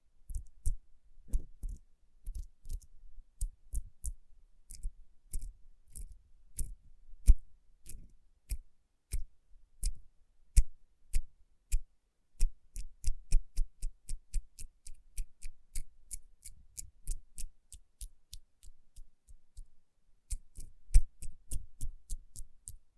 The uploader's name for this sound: Tapping & Rubbing Rhinestone Covered Palms